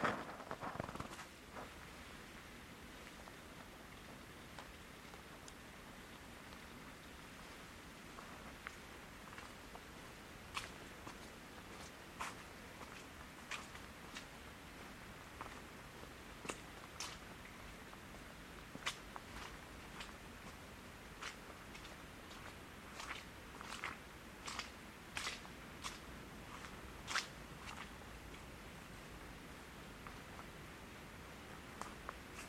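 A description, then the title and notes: A winter forest park with a steady low hiss, broken by scattered sharp snaps and crunches that cluster more densely in the second half. Forest Park in Winter.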